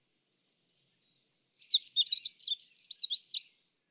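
Magnolia warbler song, one rapid, high, sweet phrase of slurred notes lasting about two seconds, preceded by two faint isolated chips.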